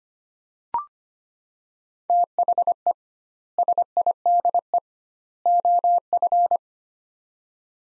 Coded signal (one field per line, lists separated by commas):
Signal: Morse code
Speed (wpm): 25 wpm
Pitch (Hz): 700 Hz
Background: none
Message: THE SIDE OF